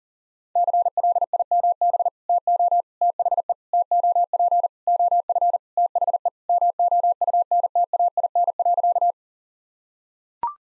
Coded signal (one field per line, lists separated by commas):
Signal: Morse code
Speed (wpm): 40 wpm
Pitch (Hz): 700 Hz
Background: none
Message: CLIMB TO THE TOP OF THE MOUNTAIN.